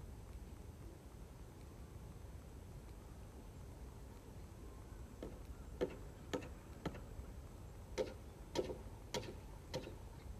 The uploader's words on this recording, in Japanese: バインダーという稲刈り機で、1列ずつ稲を刈り、束にしていきます。バインダーで稲刈り、ハザ掛け。